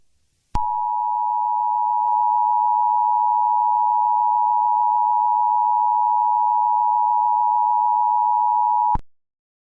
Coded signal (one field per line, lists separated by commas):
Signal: Emergency Alert System (SAME) tones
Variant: 853 and 960 Hz attention tone